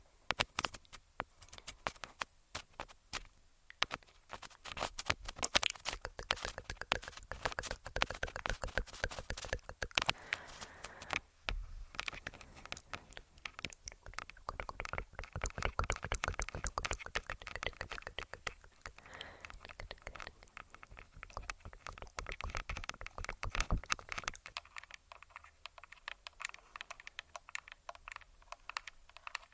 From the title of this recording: Tingly TkTk & Tapping On Tascam (Long Nails)